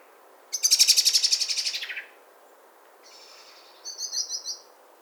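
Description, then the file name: Eurasian blackbird calling with a rapid burst of sharp, chattering notes that slide downward in pitch, then a thin high note and a short quick run of clicking notes. "Turdus merula"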